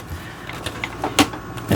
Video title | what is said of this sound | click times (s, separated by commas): VEVOR Tower Fan, 22 ft/s Velocity Quiet Floor Fan, 70° Oscillating Fans for Indoors with 3 Speeds. | And then basically you're just turning that until that clicks into place. | 1.2 s